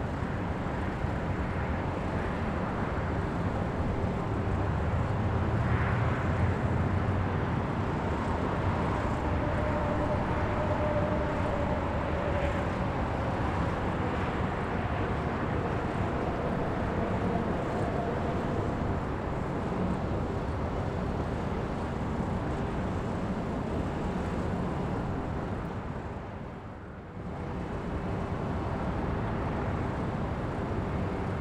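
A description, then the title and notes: City noise heard from a rooftop, a dense steady roar of traffic with a brief dip near the end, one vehicle passing. Sounds from the City Rooftop.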